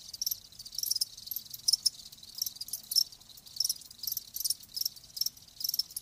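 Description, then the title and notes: Crickets chirping in high, pulsed bursts in irregular rhythm, with a faint low hum underneath. Live crickets chirping. "Live Crickets Chirping. RainManCJ"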